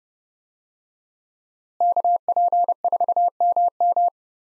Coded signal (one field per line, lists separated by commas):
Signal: Morse code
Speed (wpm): 32 wpm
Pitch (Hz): 700 Hz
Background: none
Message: KP4MM